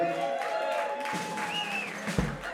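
An audience applauds with a steady wash of many hands clapping at a moderate level for a couple of seconds, with faint voices mixed in underneath, at the opening event of Boekie Woekie at Arti et Amicitiae.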